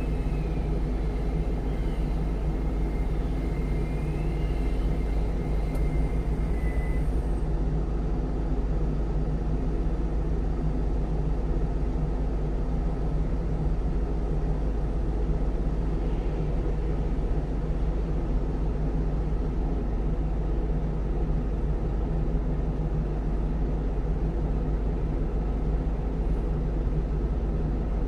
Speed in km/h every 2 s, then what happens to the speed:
0, 0, 0, 0, 0, 0, 0, 0, 0, 0, 0, 0, 0, 0.
0-28 standing.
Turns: none.